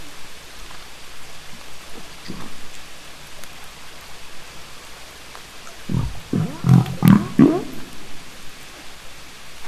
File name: Humpback whale wheezeblow